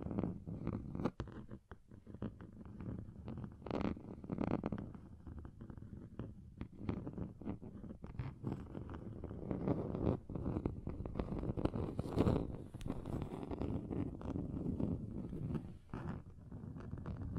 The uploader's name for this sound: Table Scratching Different Surfaces